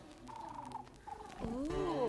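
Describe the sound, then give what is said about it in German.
A human voice mimics a dove's cooing with a few warbling, hummed tones, a sustained phrase followed by a louder one that swoops up and down in pitch. “Und jetzt bin ich eine Taube.”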